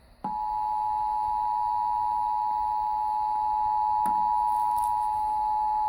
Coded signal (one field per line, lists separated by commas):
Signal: Emergency Alert System (SAME) tones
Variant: 853 and 960 Hz attention tone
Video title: EAS RMT - Orange, Putnam, Rockland, Westchester NY (5.7.17 - 11:58 AM) (Verizon Fios)